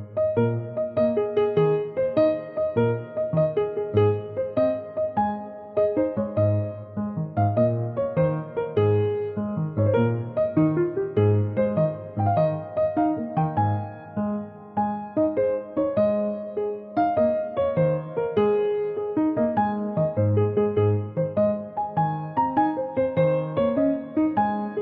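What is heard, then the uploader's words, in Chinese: Café jazz plays steadily, with a walking low bass line under warm chords and a gently moving melody, notes arriving at an even, relaxed pace. 美好的早晨在咖啡馆爵士乐氛围中开始一天的读书、工作、编码作业。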